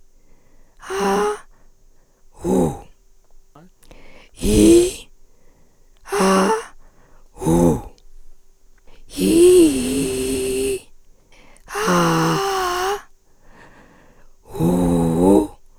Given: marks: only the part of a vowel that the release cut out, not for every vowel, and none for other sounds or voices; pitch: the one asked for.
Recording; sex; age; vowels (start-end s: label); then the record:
sustained vowels; female; 50 to 59 years
0.86-1.37 s: vowel /a/, high pitch
4.43-4.94 s: vowel /i/, low pitch
6.12-6.62 s: vowel /a/, low pitch
9.22-10.68 s: vowel /i/, low-high-low pitch
11.78-12.92 s: vowel /a/, low-high-low pitch
14.61-15.42 s: vowel /u/, low-high-low pitch
From the record:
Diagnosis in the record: recurrent laryngeal nerve paralysis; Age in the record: 57 years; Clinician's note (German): Ausschluß einer Aryluxation re, z.B. Rec. par.